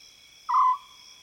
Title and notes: African Scops Owl In The Savanna. the call of the African scops owl, recorded in the wild expanse that is the South Luangwa savanna woodland